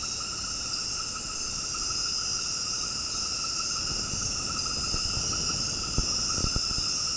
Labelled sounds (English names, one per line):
none